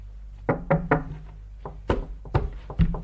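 Knuckles rap on walls and a door: a few loose clusters of dull, hollow knocks, some solid and low, others sharper, spaced irregularly with short pauses between groups.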